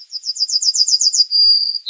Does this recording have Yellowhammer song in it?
yes